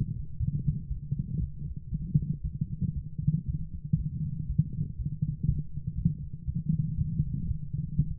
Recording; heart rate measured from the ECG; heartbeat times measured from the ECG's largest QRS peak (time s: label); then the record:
heart sounds by stethoscope; 119 bpm
0.38 s: heartbeat
0.89 s: heartbeat
1.39 s: heartbeat
1.90 s: heartbeat
2.42 s: heartbeat
2.94 s: heartbeat
3.46 s: heartbeat
3.97 s: heartbeat
4.47 s: heartbeat
4.97 s: heartbeat
5.47 s: heartbeat
5.96 s: heartbeat
6.46 s: heartbeat
6.96 s: heartbeat
7.47 s: heartbeat
7.96 s: heartbeat
From the record:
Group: healthy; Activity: light exercise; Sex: female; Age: 24 years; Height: 163 cm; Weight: 55.7 kg